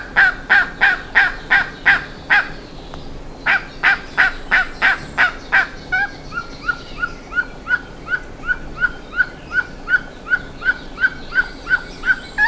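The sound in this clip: Bird calls, harsh and clipped, repeated rapidly in a steady series, first loud and broad, then shorter, thinner notes continuing at a similar quick pace.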